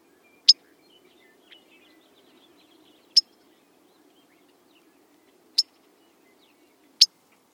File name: Blue Grosbeak